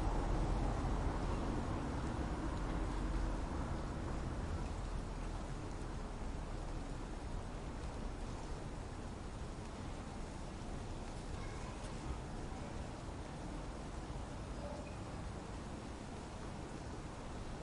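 Rain hisses steadily over a city, a dense unbroken wash that fills the whole range from a low traffic rumble up to a bright spray. Nothing stands out; the level holds even for the full length, easing only slightly toward the end.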